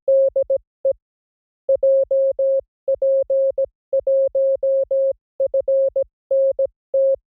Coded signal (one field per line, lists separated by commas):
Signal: Morse code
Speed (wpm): 17 wpm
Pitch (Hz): 540 Hz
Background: none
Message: DE JP1FNT